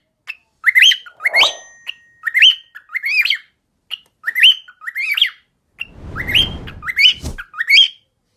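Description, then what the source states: Cockatiel whistled song of rising, slurred chirps in steady bursts, with a brief noise near the start and a louder noise toward the end. Several cockatiels singing, whistling.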